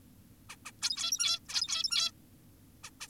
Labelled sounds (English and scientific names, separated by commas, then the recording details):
Zebra Finch (Taeniopygia guttata)
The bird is an adult
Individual g17y2U